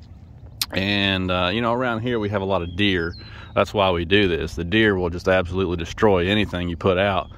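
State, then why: Seated. A rolled plastic tree guard is wrapped around the base of a newly planted Autumn Blaze maple and snaps closed with a sharp, loud click at 0.6 s, seating it around the trunk to protect it from deer. Someone then talks for the rest of the clip.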